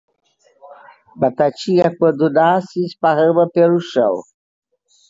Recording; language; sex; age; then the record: short text; Brazilian Portuguese; female; 80 to 89 years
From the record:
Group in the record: control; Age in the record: 80 years